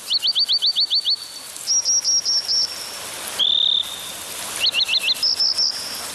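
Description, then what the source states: American dipper call series: high, piercing notes repeated rapidly in bursts, some sliding, others clipped, over a constant hiss of rushing water. Calling across a rushing mountain stream.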